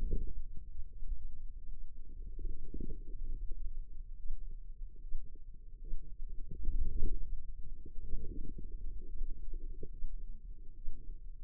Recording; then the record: forearm muscle sounds (acoustic myography)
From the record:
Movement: wrist flexion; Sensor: system 2, bracelet of six BSWA MPA416 microphones around the upper forearm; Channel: 2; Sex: female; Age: 25 years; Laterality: right